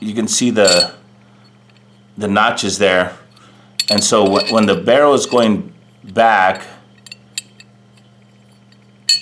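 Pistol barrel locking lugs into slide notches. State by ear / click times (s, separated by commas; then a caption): seated / 9.1 s. A recoil-operated pistol's barrel and slide are moved back by hand while someone talks, with small metallic clicks around 7.1–7.6 s. At 9.1 s a sharp click is heard as the barrel drops and its locking lugs seat into the notches in the steel slide.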